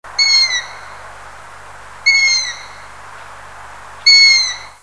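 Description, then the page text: Long-eared owl giving a thin, squeaky, high whistled note, repeated every two seconds, three times, over a faint steady low hum. "hibou moyen-duc, Asio otus"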